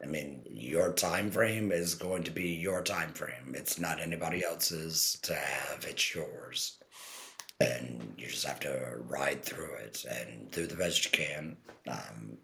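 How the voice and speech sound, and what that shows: A man speaks in fluent phrases with a very low, rough, creaky voice and short pauses between phrases. This is tracheoesophageal voice about 10 months after total laryngectomy, where sound comes from a puncture valve and vibrating throat tissue rather than vocal cords.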